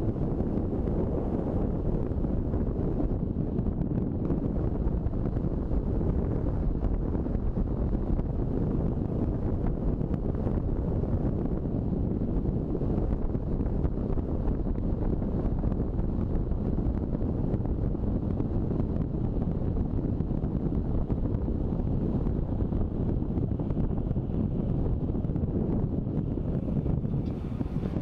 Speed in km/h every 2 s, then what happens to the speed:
43, 44, 45, 45, 45, 45, 45, 42, 39, 35, 29, 27, 24, 13.
0-12 steady at about 45. 12-28 slows to 13.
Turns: none.